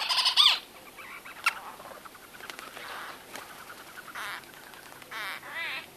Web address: white-fronted bee-eater